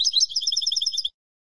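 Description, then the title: European goldfinch song, a short, rapid string of clear tinkling notes lasting about one second, then silence. "Jilguero"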